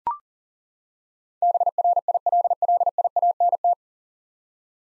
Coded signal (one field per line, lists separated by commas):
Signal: Morse code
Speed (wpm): 40 wpm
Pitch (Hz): 700 Hz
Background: none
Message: BRILLIANT